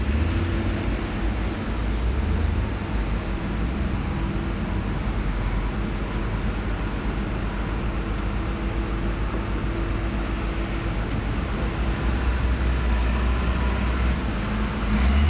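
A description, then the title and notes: Distant construction ambience: a steady, dense low rumble of heavy engines drones without letup, with a few held hum tones running underneath. Near the end a faint, thin high whine joins in briefly above the constant machinery. Distant Construction Ambience.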